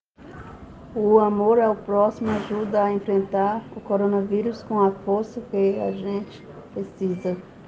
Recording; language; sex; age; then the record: spoken sentence; Brazilian Portuguese; female; 50 to 59 years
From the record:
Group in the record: respiratory insufficiency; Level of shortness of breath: 5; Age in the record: 59 years